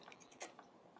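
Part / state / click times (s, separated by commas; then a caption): plastic tab on an action figure assembly going into its slot / seated / 0.1 s. A plastic tab on a plastic action figure assembly is pushed into its slot as the folded assembly is brought down during transformation. A sharp, short click lands at 0.1 s, followed by faint plastic handling ticks and rustles. The tab is seated nice and secure.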